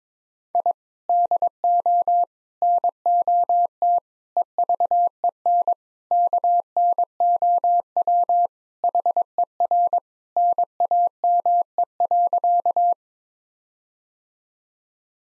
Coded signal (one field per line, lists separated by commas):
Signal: Morse code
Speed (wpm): 22 wpm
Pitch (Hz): 700 Hz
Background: none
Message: I DO NOT EVEN KNOW HER NAME.